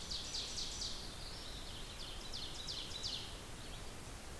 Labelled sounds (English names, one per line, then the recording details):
Ovenbird song
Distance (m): 95 m
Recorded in boreal forest in Alberta, Canada, on 16 June 2016 at 07:06
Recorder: SongMeter 3, array SBT-3-32
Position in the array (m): 132 m, 165 m
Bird 37